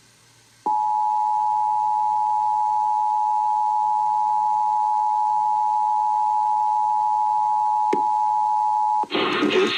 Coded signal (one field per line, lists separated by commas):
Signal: Emergency Alert System (SAME) tones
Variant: 853 and 960 Hz attention tone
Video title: 2017 National EAS Test on TV, FM, and AM Radio (EAS #1,068-1,071)